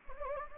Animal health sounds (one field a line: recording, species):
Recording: mosquito wingbeat signal from an infrared sensor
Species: Anopheles gambiae